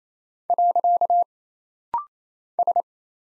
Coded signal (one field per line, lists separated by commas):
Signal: Morse code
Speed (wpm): 27 wpm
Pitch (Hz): 700 Hz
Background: none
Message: . S